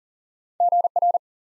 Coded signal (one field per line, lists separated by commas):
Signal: Morse code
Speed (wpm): 40 wpm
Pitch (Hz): 700 Hz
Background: none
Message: GR